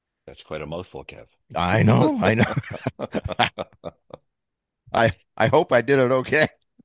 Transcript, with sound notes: That's quite a mouthful, Kev. (laughs)
I know, I know. (laughs) I, I hope I did it okay.